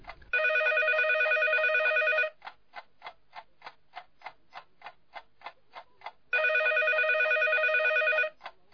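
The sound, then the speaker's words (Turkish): A telephone rings in two long, loud electronic bursts with a steady harmonic tone, separated by a stretch of evenly spaced ticking clicks. No voices are heard. “Telefon, telefon çalıyor.”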